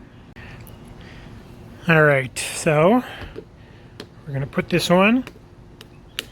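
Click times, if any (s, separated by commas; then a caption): 6.2 s. The back of a phone case is set at an angle onto a Quad Lock twist-lock phone mount on a motorcycle or scooter mirror bar and twisted until it locks. Someone talks, then a sharp tick is heard at 6.2 s as the case locks securely into place.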